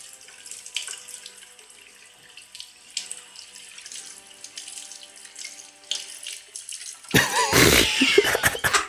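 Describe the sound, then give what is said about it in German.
Water runs steadily from a faucet with individual sprinkle jets, a soft hissing spray with light splashes, then surges into a louder, fuller gush for the final couple of seconds. “Diese einzelnen Sprenkelstrahlen von dem Wasserhahn sind irgendwie.”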